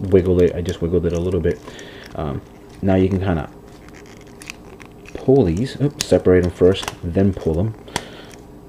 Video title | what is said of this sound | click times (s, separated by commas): TRANSFORMERS ASTROTRAIN toy review | and it clicked, as you can hear there, hopefully. | 8.0 s